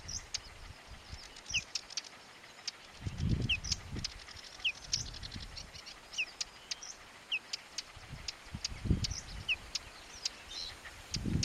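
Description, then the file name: Whinchat calling, a brief falling whistle roughly every second and a half mixed with hard clicking ticks, over a faint low rumble. "Ruslan Mazuryk - Whinchat (Saxicola rubetra)"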